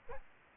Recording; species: mosquito wingbeat signal from an infrared sensor; Aedes albopictus